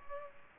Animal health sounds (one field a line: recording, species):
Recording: mosquito wingbeat signal from an infrared sensor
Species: Culex pipiens